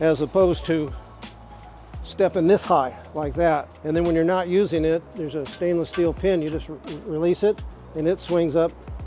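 Someone talks over music while demonstrating an aluminum FOES Fab Scorpion hitch-mounted folding step: the stainless steel pin is released and the step arm swings up toward its stowed lock on the receiver mount. Nothing has seated or clicked yet.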